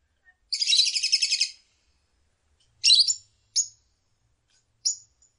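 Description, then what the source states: Lovebird ngekek song: a long, rapid, shrill chattering trill lasting about a second, followed by three short harsh chirp bursts spaced apart, on a quiet background. Ngekek song style of a lovebird, used as a bait song (kicau pancingan) to prompt other lovebirds to sing.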